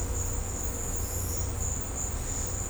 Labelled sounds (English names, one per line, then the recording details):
none
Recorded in secondary vegetation near Puerto Asís, Putumayo, Colombia, on 18 December 2024 at 14:00
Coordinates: 0.502, -76.326
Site G028